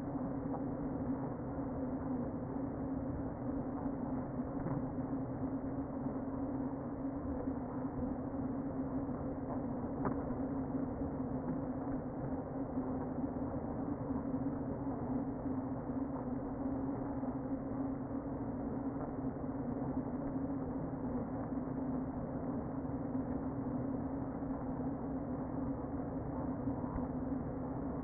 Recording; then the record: honeybee colony, microphone inside the hive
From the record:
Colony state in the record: queen present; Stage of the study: before two queens were removed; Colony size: about 60,000 bees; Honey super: yes